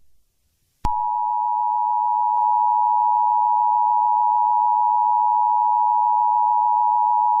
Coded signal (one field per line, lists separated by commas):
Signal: Emergency Alert System (SAME) tones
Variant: 853 and 960 Hz attention tone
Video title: EAS scenario death jelly